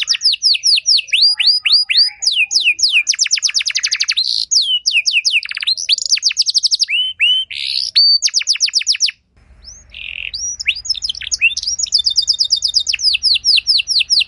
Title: Canto Para Esquentar Canário Belga. Suara Burung Kenari Lagu dan Cengkok Mewah Buat Kenari Lain Bakal Langsung Nyaut Gacor Panjang